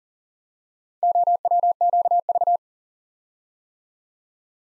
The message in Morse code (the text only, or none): OWQV